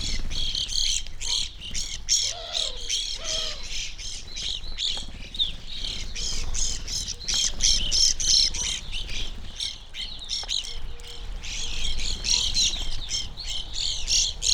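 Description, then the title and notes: Evening grosbeaks giving dense, overlapping chirpy calls from a busy flock, high notes tumbling almost continuously, with a low rumble and faint soft lower whistles underneath. Flock feeding on sunflower seeds at a feeder hanging from a birch in a backyard, McCloud, Siskiyou County, California; relatively warm winter morning; two microphones either side of the trunk. "I recorded this at my home in the small town of McCloud in Siskiyou County, California. It was a relatively warm winter morning, and a flock of Evening Grosbeaks was busily eating a breakfast of sunflower seeds from a feeder hanging from the branch of a birch tree in my backyard."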